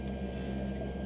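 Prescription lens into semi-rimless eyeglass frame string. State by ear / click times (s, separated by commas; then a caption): not seated / none. A cut prescription lens is being worked into the groove of a semi-rimless eyeglass frame, with a ribbon pulling the nylon string around the lens from the outside corner toward the nose. Only a steady low hum is heard, with no sharp sounds. Nothing has snapped or seated yet.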